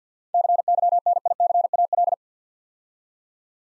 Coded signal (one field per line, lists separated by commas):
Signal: Morse code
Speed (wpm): 52 wpm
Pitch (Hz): 700 Hz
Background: none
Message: CYNICAL